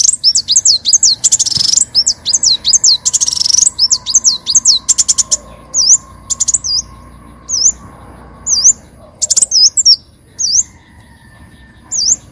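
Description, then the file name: Leafbird song of quick high wavy whistles, slowing later into single sharp V-shaped notes spaced apart. "Tieng chim xanh tim"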